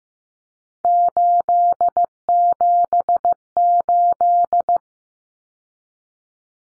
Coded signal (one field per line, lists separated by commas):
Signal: Morse code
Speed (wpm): 15 wpm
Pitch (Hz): 700 Hz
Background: none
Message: 878